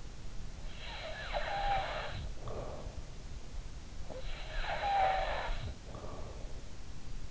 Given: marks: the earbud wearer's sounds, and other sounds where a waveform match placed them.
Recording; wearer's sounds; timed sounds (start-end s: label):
sounds in sleep by an in-ear microphone; snoring breath
0.65-3.19 s: snoring breath
4.11-6.47 s: snoring breath